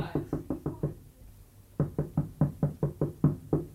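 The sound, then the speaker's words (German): A quick series of sharp, hollow knocks, five in a burst, then a brief pause before a longer run of about nine more at a steady, even rhythm. No voices. “Sagen Sie mal, was klopft hier eigentlich immer so?”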